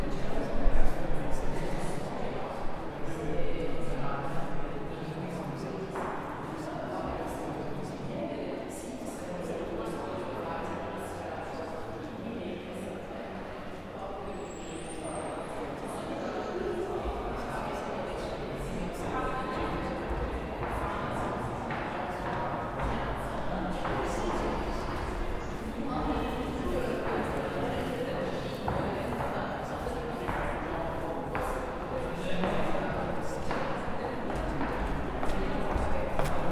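Inside a gallery hall, a steady murmur of voices and footsteps fills the space, with scattered clicks and a louder burst at the start.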